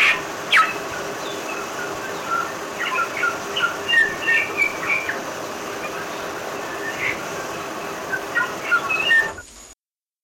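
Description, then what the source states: Bellbird giving sparse clear notes and short chiming phrases over a steady hum, ending in sudden silence near the close. Three Kings Islands population of bellbird.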